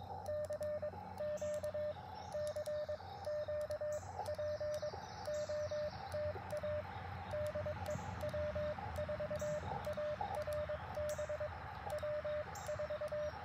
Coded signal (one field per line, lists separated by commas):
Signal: Morse code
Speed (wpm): 22 wpm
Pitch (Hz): 590 Hz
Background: radio noise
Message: CQ CQ POTA DE W4ARB W4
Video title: Morning Morse Code - 05/07/2024